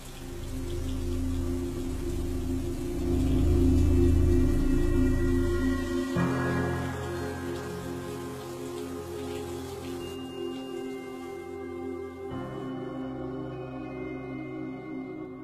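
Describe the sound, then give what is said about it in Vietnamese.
Dense, steady rain hisses throughout a night storm with wind and thunder, swelling a little early on, while sustained tonal music drones beneath it and shifts pitch a few times. “Có lúc nghe chúng nó kêu gào thảm thiết, có tiếng ông thầy Hùng hô chém giết vang vọng, xen lẫn trong đó là mưa gió và sấm sét chói lòa.”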